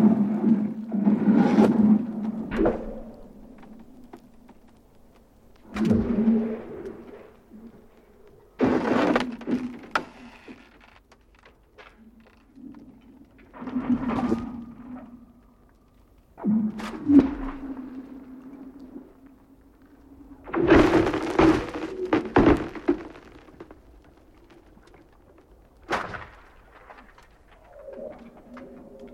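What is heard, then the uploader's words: Frozen lake ice groans and cracks in separate bursts every few seconds, each a sharp snap or rumbling heave with a low, humming drone beneath. The loudest cracks come near the start and around twenty seconds, with quiet stretches of low sighing between. I must emphasize that there is *no* processing here (other than simple editing). Th method here was just set the mics up and let the ice sing (and then edit the takes together). Frozen lakes listening to (and recording) their heaving and sighing and cracking and sloshing. Really cool sounds emanating from the lakes.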